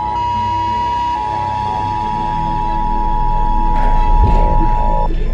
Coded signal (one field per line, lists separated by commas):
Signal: Emergency Alert System (SAME) tones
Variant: 853 and 960 Hz attention tone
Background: music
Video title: Redoing: zombie EAS scenario